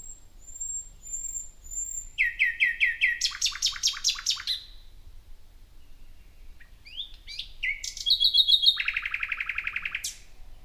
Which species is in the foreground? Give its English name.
Common Nightingale